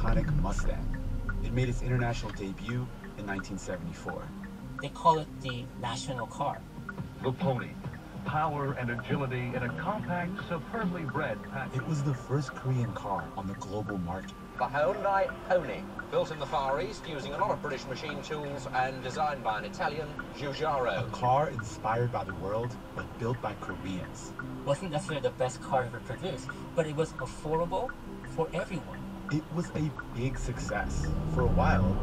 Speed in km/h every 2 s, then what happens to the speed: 11, 0, 0, 0, 0, 0, 0, 0, 0, 0, 0, 0, 0, 0, 0, 0.
0-2 brakes to 0. 2-30 standing.